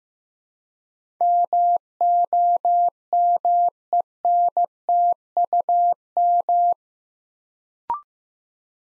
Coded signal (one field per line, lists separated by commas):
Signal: Morse code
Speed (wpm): 15 wpm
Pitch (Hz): 700 Hz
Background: none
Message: MOMENTUM